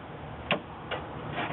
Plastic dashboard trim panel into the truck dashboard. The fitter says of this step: push it all the way around so it snaps into place and